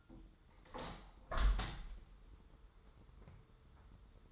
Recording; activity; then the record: daily activity, microphone in the room; open window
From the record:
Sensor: 3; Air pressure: 995.7 hPa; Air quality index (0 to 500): 97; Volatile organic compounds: 14 ppm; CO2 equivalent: 2430 ppm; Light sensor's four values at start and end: 27/83/35/30 and 28/84/35/31